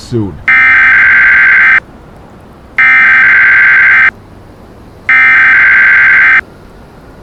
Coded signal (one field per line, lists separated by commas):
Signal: Emergency Alert System (SAME) tones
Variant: header bursts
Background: speech